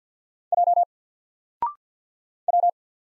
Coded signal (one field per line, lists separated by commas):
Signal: Morse code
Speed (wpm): 48 wpm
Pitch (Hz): 700 Hz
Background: none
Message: J W